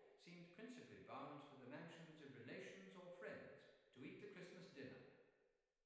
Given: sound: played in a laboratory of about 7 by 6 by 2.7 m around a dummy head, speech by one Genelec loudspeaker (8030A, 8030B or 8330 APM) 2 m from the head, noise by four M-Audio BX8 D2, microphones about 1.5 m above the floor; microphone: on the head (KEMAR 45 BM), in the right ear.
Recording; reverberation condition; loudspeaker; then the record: male speech in English; high; 150 degrees to the right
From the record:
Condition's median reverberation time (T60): about 1300 ms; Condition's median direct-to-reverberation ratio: about -4.0 dB